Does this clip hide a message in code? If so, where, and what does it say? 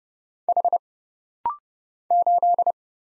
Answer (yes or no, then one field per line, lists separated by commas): yes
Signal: Morse code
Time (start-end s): 0.5-2.7 s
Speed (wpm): 30 wpm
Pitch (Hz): 700 Hz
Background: none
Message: H 8